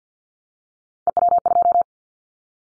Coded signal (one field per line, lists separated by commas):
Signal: Morse code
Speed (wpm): 50 wpm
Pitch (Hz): 700 Hz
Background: none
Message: EW2